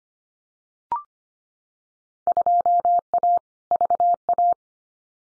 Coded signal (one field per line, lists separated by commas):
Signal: Morse code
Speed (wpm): 25 wpm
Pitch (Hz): 700 Hz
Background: none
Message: 2A VA